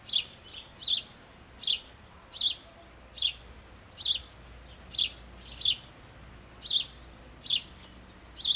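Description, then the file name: House sparrow calling with quick bright chirps, some given in close pairs, repeated at uneven intervals over light background hiss. "Passer domesticus"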